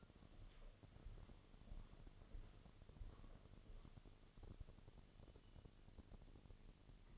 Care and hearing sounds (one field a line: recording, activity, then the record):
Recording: daily activity, microphone in the room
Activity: walk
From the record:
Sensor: 4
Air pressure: 1016.2 hPa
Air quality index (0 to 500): 163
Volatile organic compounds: 6 ppm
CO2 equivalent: 1860 ppm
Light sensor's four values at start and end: 9/20/8/7 and 9/20/8/7